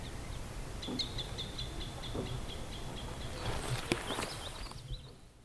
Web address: linnut metsaviklo lento